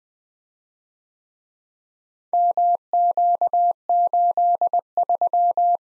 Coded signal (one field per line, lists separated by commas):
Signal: Morse code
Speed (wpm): 20 wpm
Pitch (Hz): 700 Hz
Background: none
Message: MQ83